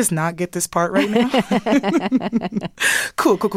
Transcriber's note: laughter